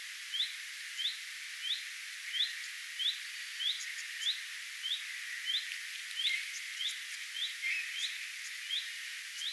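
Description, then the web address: Common redstart giving upslurred whistled alarm notes, each brief and rising, repeated about every two-thirds of a second over a quiet hiss with scattered faint chirps. Alarm or attention calls, recorded 3 May 2025. "paivat 3 5 2025 leppalinnun huomioaantelya"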